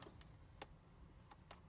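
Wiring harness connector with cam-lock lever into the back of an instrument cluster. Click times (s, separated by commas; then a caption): 0.6 s. A wiring harness plug is slid into the back of a new 2014-and-up Denali instrument cluster, meant for a Yukon, being fitted into a Sierra/Silverado truck, and its plastic cam-lock lever is rotated back. Several short, sharp ticks sound over a low background hum, with the loudest snap at 0.6 s confirming the lever has locked the connector fully seated.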